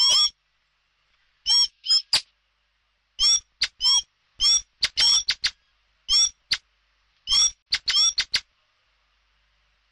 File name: Tieng chim hoet den keu